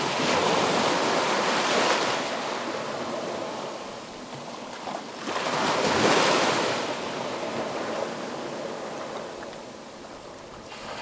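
Gentle ocean waves wash in with a soft, steady hiss. Two broader swells rise around the second and sixth seconds, brightening the wash before it eases back down. Between them the surf settles into a quieter, even rush with nothing else audible.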